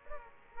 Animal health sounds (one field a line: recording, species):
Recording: mosquito wingbeat signal from an infrared sensor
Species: Aedes aegypti